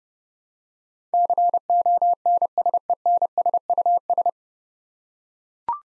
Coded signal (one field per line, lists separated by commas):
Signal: Morse code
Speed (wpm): 30 wpm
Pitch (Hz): 700 Hz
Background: none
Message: CONSENSUS